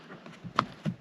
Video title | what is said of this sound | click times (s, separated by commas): TYPE R LEDS DIY INSTALL | and it just snaps into place and then i put the screws back | 0.6 s